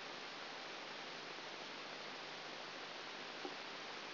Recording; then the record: brain microelectrode recording played as sound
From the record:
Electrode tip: outside the subthalamic nucleus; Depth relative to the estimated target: -6 mm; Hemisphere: right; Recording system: AlphaMap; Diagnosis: Parkinson's disease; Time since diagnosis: 11 years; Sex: female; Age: 60 years